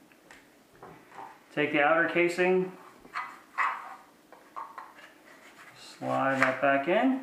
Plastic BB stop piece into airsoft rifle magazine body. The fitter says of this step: you've got it to this point these snaps right in